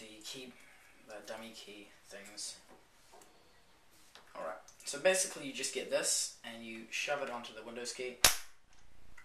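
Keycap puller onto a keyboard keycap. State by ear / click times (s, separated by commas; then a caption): seated / 9.2 s. A plastic keycap puller is pushed down over the Windows keycap of a Thermaltake Challenger gaming keyboard until it grips. Someone talks throughout, and a sharp click is heard at 9.2 s as the puller seats on the key.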